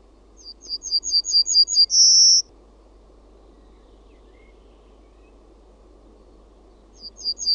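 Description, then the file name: Yellowhammer song: a quick series of several thin, high, clipped notes ending in a long drawn-out buzzy note, then the next phrase begins; quiet low background hum. "KELTASIRKKU"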